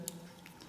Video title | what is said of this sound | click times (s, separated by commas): Playmobile The Movie | Et voilà, quand on entend le clic, | 0.1 s